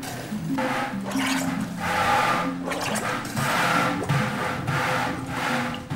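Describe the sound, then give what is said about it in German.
Water gushes and splashes in rhythmic surges from a muscle-powered treadle pump in an office building in Nairobi, Kenya, as a 60-year-old man stands on the treadles pumping water into a plastic tub. Each stroke swells and eases about once a second, with a creaking, wooden mechanical undertone throughout. “einer der Firmengründer, kommt mit seinen 60 Jahren ins Keuchen, als er Wasser in eine Plastikwanne pumpt.”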